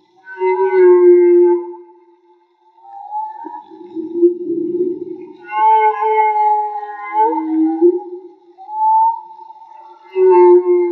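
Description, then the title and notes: Whale song: long tonal moans with bright harmonics, some rising and falling, alternating with quieter wavering low groans and brief pauses. Whale song, underwater field recording made with DIY hydrophones; audio cleaned afterwards. "CANTO DE BALLENAS MAGMA. Grabación de campo y construcción dehidrofonos DIY: Jorge Barco. Limpieza de audio: Santiago Minotas"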